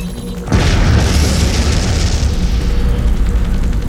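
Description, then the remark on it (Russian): A sudden, loud demolition blast bursts in with a deep booming blast, followed by a sustained rumbling roar and crackling debris that slowly fades over several seconds. No voices are heard. “Оценив взором результат подрывной деятельности Мари, Йорген понял, что они тут раньше сами подорвутся, чем пробьют нормальную лазейку для бегства.”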